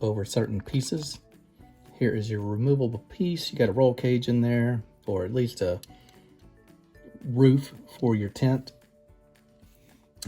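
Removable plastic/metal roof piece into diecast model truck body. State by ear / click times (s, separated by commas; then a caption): seated / 10.2 s. The removable plastic/metal roof or tent piece of a diecast model VW pickup is pressed onto the truck body while someone talks over background music. A sharp click at 10.2 s marks the piece locking into place, fully seated.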